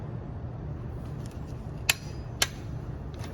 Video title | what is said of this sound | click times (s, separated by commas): How-To: Massey Ferguson 1135 Head Gasket Replacement (Perkins 6.354) | So we go until it clicks. | 1.9 s, 2.4 s